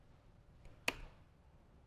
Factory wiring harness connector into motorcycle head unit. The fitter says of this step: and push the lever back till you hear an audible click